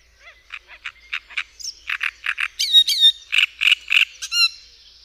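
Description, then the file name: Great reed warbler delivering rasping, croaky notes in repeated pairs and triplets, interspersed with shrill whistled squeaks. "Trzciniak"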